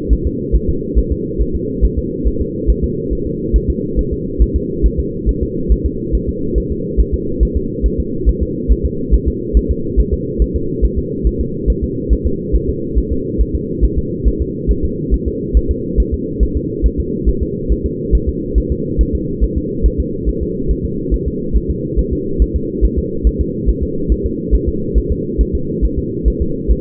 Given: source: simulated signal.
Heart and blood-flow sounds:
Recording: fetal heart sounds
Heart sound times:
0.13 s: S1
0.27 s: S2
0.56 s: S1
0.69 s: S2
0.98 s: S1
1.12 s: S2
1.42 s: S1
1.55 s: S2
1.84 s: S1
1.99 s: S2
2.28 s: S1
2.41 s: S2
2.70 s: S1
2.84 s: S2
3.13 s: S1
3.27 s: S2
3.56 s: S1
3.70 s: S2
3.99 s: S1
4.13 s: S2
4.42 s: S1
4.56 s: S2
4.86 s: S1
5.00 s: S2
5.29 s: S1
5.43 s: S2
5.72 s: S1
5.86 s: S2
6.15 s: S1
6.29 s: S2
6.58 s: S1
6.72 s: S2
7.00 s: S1
7.14 s: S2
7.43 s: S1
7.57 s: S2
7.86 s: S1
8.00 s: S2
8.29 s: S1
8.43 s: S2
8.72 s: S1
8.86 s: S2
9.14 s: S1
9.28 s: S2
9.57 s: S1
9.71 s: S2
10.00 s: S1
10.14 s: S2
10.42 s: S1
10.56 s: S2
10.85 s: S1
10.99 s: S2
11.27 s: S1
11.41 s: S2
11.70 s: S1
11.84 s: S2
12.13 s: S1
12.27 s: S2
12.55 s: S1
12.69 s: S2
12.98 s: S1
13.12 s: S2
13.41 s: S1
13.55 s: S2
13.84 s: S1
13.98 s: S2
14.28 s: S1
14.42 s: S2
14.71 s: S1
14.85 s: S2
15.14 s: S1
15.28 s: S2
15.57 s: S1
15.71 s: S2
16.00 s: S1
16.14 s: S2
16.43 s: S1
16.57 s: S2
16.86 s: S1
17.00 s: S2
17.29 s: S1
17.43 s: S2
17.72 s: S1
17.86 s: S2
18.15 s: S1
18.29 s: S2
18.58 s: S1
18.72 s: S2
19.01 s: S1
19.15 s: S2
19.44 s: S1
19.58 s: S2
19.86 s: S1
20.00 s: S2
20.29 s: S1
20.43 s: S2
20.71 s: S1
20.85 s: S2
21.14 s: S1
21.28 s: S2
21.56 s: S1
21.70 s: S2
21.99 s: S1
22.13 s: S2
22.42 s: S1
22.56 s: S2
22.84 s: S1
22.99 s: S2
23.27 s: S1
23.41 s: S2
23.69 s: S1
23.83 s: S2
24.12 s: S1
24.26 s: S2
24.55 s: S1
24.69 s: S2
24.98 s: S1
25.12 s: S2
25.41 s: S1
25.55 s: S2
25.85 s: S1
25.99 s: S2
26.28 s: S1
26.42 s: S2
26.71 s: S1
From the record:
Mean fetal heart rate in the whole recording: 140 bpm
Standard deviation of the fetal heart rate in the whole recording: 2 bpm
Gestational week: 34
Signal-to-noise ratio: -6.6 dB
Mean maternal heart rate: 72 bpm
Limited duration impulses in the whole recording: present

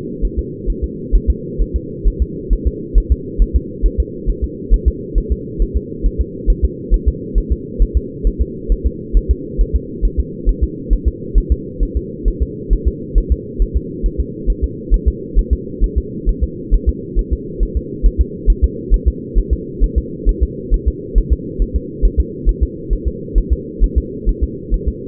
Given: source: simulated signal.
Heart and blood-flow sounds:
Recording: fetal heart sounds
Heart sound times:
0.25 s: S1
0.39 s: S2
0.70 s: S1
0.84 s: S2
1.15 s: S1
1.30 s: S2
1.61 s: S1
1.76 s: S2
2.08 s: S1
2.22 s: S2
2.53 s: S1
2.67 s: S2
2.98 s: S1
3.12 s: S2
3.42 s: S1
3.56 s: S2
3.86 s: S1
4.00 s: S2
4.30 s: S1
4.44 s: S2
4.74 s: S1
4.88 s: S2
5.18 s: S1
5.32 s: S2
5.62 s: S1
5.77 s: S2
6.06 s: S1
6.21 s: S2
6.50 s: S1
6.64 s: S2
6.94 s: S1
7.08 s: S2
7.38 s: S1
7.52 s: S2
7.82 s: S1
7.97 s: S2
8.27 s: S1
8.41 s: S2
8.72 s: S1
8.86 s: S2
9.17 s: S1
9.31 s: S2
9.61 s: S1
9.75 s: S2
10.05 s: S1
10.20 s: S2
10.49 s: S1
10.63 s: S2
10.93 s: S1
11.08 s: S2
11.38 s: S1
11.52 s: S2
11.83 s: S1
11.97 s: S2
12.28 s: S1
12.42 s: S2
12.73 s: S1
12.88 s: S2
13.18 s: S1
13.32 s: S2
13.62 s: S1
13.76 s: S2
14.06 s: S1
14.20 s: S2
14.50 s: S1
14.64 s: S2
14.94 s: S1
15.08 s: S2
15.39 s: S1
15.53 s: S2
15.84 s: S1
15.98 s: S2
16.29 s: S1
16.44 s: S2
16.74 s: S1
16.89 s: S2
17.19 s: S1
17.33 s: S2
17.63 s: S1
17.77 s: S2
18.06 s: S1
18.21 s: S2
18.50 s: S1
18.64 s: S2
18.94 s: S1
19.08 s: S2
19.38 s: S1
19.53 s: S2
19.84 s: S1
19.98 s: S2
20.29 s: S1
20.43 s: S2
20.74 s: S1
20.88 s: S2
21.18 s: S1
21.33 s: S2
21.62 s: S1
21.76 s: S2
22.05 s: S1
22.20 s: S2
22.49 s: S1
22.63 s: S2
22.93 s: S1
23.07 s: S2
23.38 s: S1
23.52 s: S2
23.84 s: S1
23.98 s: S2
24.29 s: S1
24.44 s: S2
24.74 s: S1
24.88 s: S2
From the record:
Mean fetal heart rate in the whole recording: 135 bpm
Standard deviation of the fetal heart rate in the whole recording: 3 bpm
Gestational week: 36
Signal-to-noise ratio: -4.1 dB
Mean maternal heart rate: no maternal heart sound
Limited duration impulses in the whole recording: absent

